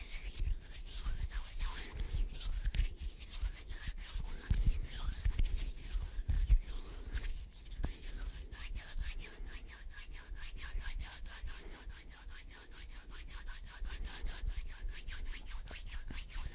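Hands rub and scrape against each other in a continuous, dense stream of friction sounds. The first half is rougher and louder with heavier low thumps, while after about eight seconds the rubbing turns into fast, regular strokes with a bright, hissy edge.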